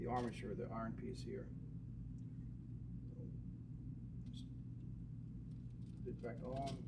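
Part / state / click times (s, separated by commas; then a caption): armature with return spring into an IEC contactor top housing / not seated / none. Someone talks while the return spring is fitted back onto the iron armature of a WEG CWB9–CWB38 IEC contactor, with its big end toward the coil, so it lines up before the armature is pushed home into the top housing. A steady low hum runs throughout, with a brief faint tick near 4.4 s. Nothing has seated or clicked yet.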